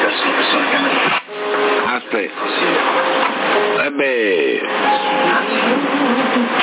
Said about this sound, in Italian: No, io sto usando l'MB più 4. Col cicalino lo stavo chiamando.